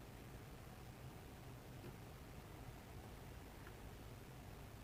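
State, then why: Not seated. An electrode wire connector is being handled and pressed toward its tack, which should sit flush to the adhesive. Only a steady, even hiss of broadband noise is heard, with no distinct click. Nothing has seated or clicked yet.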